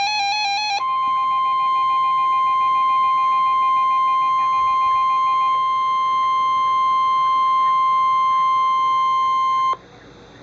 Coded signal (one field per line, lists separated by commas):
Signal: Emergency Alert System (SAME) tones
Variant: 1050 Hz attention tone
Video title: Real NOAA Weather Radio EAS Alert #174